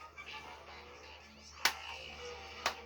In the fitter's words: until they click into place.